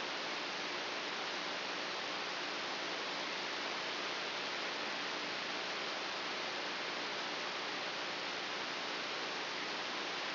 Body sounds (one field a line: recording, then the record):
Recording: brain microelectrode recording played as sound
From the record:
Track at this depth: inside the subthalamic nucleus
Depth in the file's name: 4.002 mm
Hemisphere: left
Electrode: 2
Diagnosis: Parkinson's disease